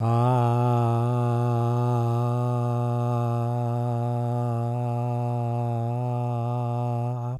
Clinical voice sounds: sustained vowel /a/; male; 60 to 69 years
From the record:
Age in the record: 69 years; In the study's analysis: included

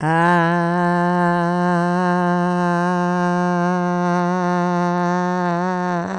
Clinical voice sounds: sustained vowel /a/; female; 70 to 79 years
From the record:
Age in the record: 70 years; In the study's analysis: included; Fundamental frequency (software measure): 177 Hz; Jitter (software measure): 0.24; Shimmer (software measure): 0.44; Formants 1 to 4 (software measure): 896 Hz, 1606 Hz, 2853 Hz, 3980 Hz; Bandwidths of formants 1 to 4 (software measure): 219 Hz, 160 Hz, 206 Hz, 349 Hz

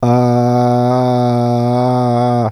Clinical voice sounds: sustained vowel /a/; male; 60 to 69 years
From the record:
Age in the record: 60 years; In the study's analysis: included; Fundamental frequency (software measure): 121 Hz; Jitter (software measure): 0.24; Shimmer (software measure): 1.01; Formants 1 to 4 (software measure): 703 Hz, 1324 Hz, 2343 Hz, 3813 Hz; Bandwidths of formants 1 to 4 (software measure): 67 Hz, 261 Hz, 185 Hz, 270 Hz

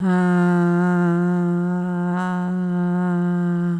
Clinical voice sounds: sustained vowel /a/; female; 40 to 49 years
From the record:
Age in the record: 47 years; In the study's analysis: included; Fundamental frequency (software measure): 176 Hz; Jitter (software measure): 0.34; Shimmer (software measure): 0.49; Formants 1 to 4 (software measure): 834 Hz, 1450 Hz, 2920 Hz, 3912 Hz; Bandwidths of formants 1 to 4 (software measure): 214 Hz, 171 Hz, 428 Hz, 451 Hz

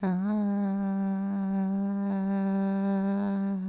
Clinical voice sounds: sustained vowel /a/; female; 50 to 59 years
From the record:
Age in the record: 50 years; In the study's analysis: excluded

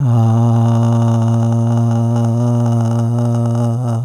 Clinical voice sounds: sustained vowel /a/; male; 70 to 79 years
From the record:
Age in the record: 73 years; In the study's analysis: included

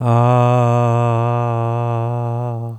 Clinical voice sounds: sustained vowel /a/; male; 70 to 79 years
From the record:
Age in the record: 71 years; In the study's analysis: included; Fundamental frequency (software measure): 118 Hz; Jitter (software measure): 0.25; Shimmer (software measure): 0.66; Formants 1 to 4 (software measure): 692 Hz, 1150 Hz, 2617 Hz, 3420 Hz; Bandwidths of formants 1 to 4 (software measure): 179 Hz, 175 Hz, 125 Hz, 292 Hz

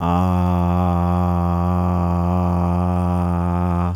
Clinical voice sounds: sustained vowel /a/; male; 40 to 49 years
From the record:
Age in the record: 42 years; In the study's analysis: included

